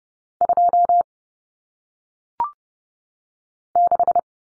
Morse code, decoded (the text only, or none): 26